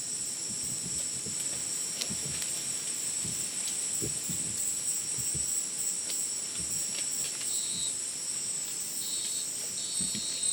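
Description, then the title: Crickets chirping in a steady high chorus, with short repeated buzzy bursts joining near the end and scattered low thumps and rustles. Dense insect chorus likened to a polyrhythmic electronic concert, after sunset in dense rainforest, Madidi National Park, Ucumari, Bolivia; very high insect density; AT BP4029 microphone, MixPre 6 recorder. "Madidi National Park, Ucumari, Bolivia - Supersonic Crickets in the rainforest"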